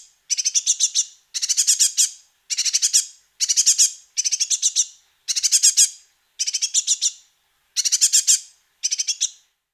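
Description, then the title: Great tit chicks begging with harsh, high-pitched buzzy bursts, groups of quick notes repeating about every second. "Sylvain Jaskowiak - Mes piafs. Mésange charbonnière - Poussins"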